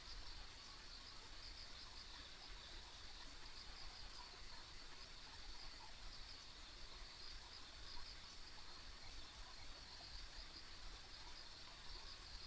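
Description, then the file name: Insects in a chorus, a steady high trill with faint pulsed chirps, over a constant low rumble. Ambient insect sounds recorded on a country road. "田舎道の虫の環境音"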